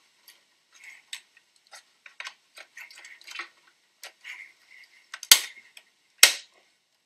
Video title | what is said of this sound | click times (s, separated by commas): CIS Basic Instructor PC Construction Project | again push down hard so it clicks into place | 5.3 s, 6.2 s